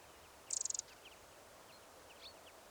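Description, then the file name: Eurasian wren giving a brief, very high, rapid burst of about eight ticking notes, followed later by one faint high note over soft background hiss. "Troglodytes troglodytes"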